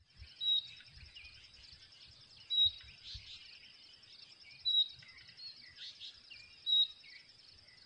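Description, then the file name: Common nightingale repeating brief, sharp, high whistles every two seconds or so, with a continuous high buzzing drone and scattered soft bird chirps behind. "Luscinia megarhynchos"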